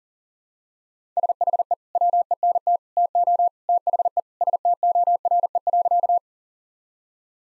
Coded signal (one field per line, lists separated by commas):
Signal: Morse code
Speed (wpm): 40 wpm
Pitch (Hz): 700 Hz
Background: none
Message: SHE WENT TO THE STORE.